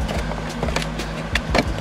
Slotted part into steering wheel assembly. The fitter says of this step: in and just locks in place in the back